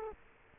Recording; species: mosquito wingbeat signal from an infrared sensor; Culex quinquefasciatus